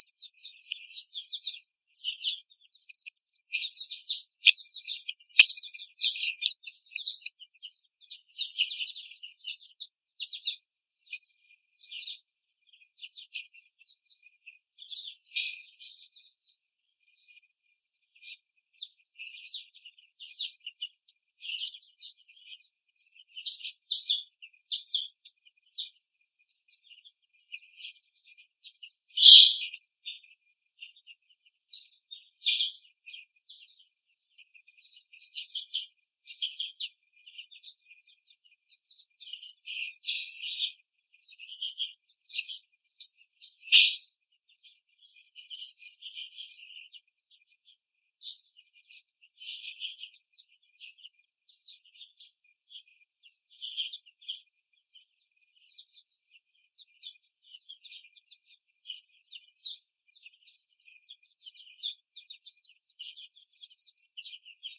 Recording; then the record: young laying hens in a cage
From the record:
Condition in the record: before the stressor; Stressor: simulated dog barking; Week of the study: 3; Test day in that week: 1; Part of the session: 1